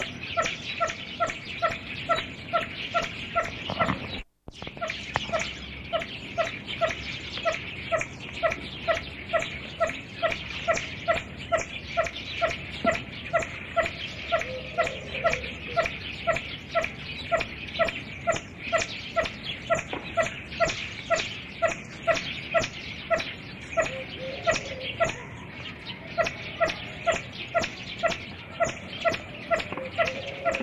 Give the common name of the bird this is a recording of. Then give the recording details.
Swinhoe's Pheasant. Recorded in captivity. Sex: male. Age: adult. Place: Zoo Leipzig, Sachsen, DE. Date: 1965-03-26 16:00. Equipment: R 21. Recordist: TSA. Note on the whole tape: Swinhoefasan: Kurzlaute des Männchens. Aufnahmezeitraum: 15.00 bis 17.00 Uhr